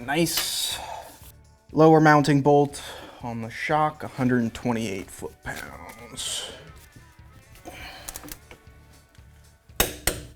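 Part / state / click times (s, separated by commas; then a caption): torque wrench on the lower shock mounting bolt, front suspension / torque reached / 9.8 s. Someone talks while a click-type torque wrench tightens the lower shock mounting bolt on the front suspension of a 2018 Dodge Charger Daytona 392 to 128 ft-lb. The wrench gives a sharp, solid click at its setting at 9.8 s, confirming the bolt has reached its torque.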